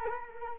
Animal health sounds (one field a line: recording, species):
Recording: mosquito wingbeat signal from an infrared sensor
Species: Culex quinquefasciatus